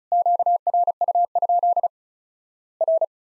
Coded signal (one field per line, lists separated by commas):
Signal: Morse code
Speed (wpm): 36 wpm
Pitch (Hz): 700 Hz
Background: none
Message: QRU? R